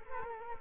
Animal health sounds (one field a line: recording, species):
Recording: mosquito wingbeat signal from an infrared sensor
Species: Culex quinquefasciatus